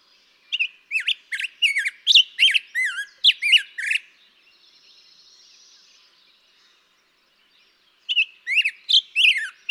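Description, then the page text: Black-headed grosbeak delivering two bursts of rapid, rolling whistled notes that swoop up and down, separated by a pause of about four seconds with a faint hiss between. Daytime singing, second example; May 17, 2016, Mt. Graham, Arizona. "Birdsong for the Curious Naturalist. Black-headed grosbeak"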